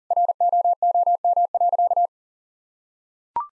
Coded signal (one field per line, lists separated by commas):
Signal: Morse code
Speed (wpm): 40 wpm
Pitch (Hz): 700 Hz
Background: none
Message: ROOM.